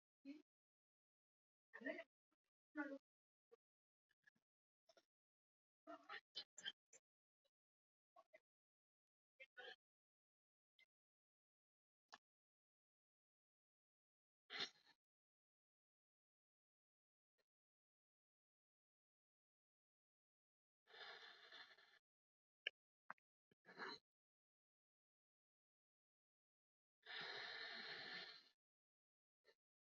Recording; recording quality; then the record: deep breathing; moderate, slight background noise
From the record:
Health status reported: recovered from COVID-19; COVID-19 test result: positive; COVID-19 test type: RT-PCR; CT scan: not taken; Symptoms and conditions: none ticked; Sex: female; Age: 59 years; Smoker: no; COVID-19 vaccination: both doses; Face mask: not worn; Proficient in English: yes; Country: India